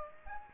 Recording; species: mosquito wingbeat signal from an infrared sensor; Aedes aegypti